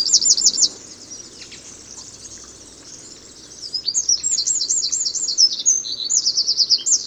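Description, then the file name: Eurasian wren giving a brief high trill, then after a quiet stretch a loud, rapid burst of shrill rattling trills and twitters. "Troglodytes troglodytes"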